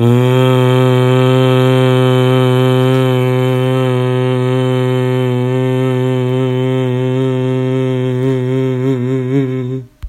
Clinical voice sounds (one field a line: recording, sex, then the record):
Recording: sustained vowel /a/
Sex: female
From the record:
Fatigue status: no fatigue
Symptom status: symptomatic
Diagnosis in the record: COVID-19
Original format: m4a